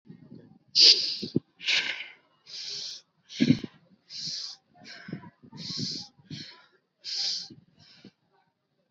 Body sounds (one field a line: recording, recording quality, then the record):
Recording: deep breathing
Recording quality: excellent, no background noise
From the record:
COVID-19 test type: RT-PCR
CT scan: not taken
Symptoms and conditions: none ticked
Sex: male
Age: 18 years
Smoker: no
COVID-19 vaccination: both doses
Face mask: worn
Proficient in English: yes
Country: India